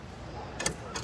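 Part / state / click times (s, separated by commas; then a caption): sliding part of a dog height-measuring device / seated / 0.6 s, 0.7 s. The sliding part of a dog height-measuring device is fitted while measuring a Siberian Husky. Two sharp clicks come at 0.6 and 0.7 s over a low background hum, and the part seats into place, felt more than heard.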